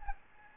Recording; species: mosquito wingbeat signal from an infrared sensor; Aedes albopictus